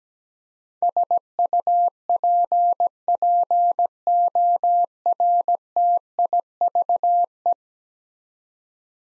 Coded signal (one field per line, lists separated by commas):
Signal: Morse code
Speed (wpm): 17 wpm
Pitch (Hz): 700 Hz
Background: none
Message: SUPPORTIVE